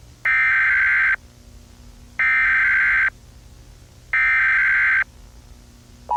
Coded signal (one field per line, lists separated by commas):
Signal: Emergency Alert System (SAME) tones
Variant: header bursts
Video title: EAS Scenario: Toy Story 5 (Offical COMEBACK)